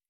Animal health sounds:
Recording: hydrophone in a shrimp aquaculture tank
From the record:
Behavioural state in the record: stressed

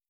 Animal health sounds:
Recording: hydrophone in a shrimp aquaculture tank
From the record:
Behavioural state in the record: stressed

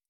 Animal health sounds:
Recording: hydrophone in a shrimp aquaculture tank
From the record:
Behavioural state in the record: stressed

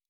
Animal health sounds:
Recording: hydrophone in a shrimp aquaculture tank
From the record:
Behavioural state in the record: normal

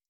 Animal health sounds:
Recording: hydrophone in a shrimp aquaculture tank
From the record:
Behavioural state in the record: stressed

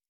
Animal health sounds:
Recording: hydrophone in a shrimp aquaculture tank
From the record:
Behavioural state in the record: normal

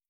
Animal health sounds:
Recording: hydrophone in a shrimp aquaculture tank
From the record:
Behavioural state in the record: feeding

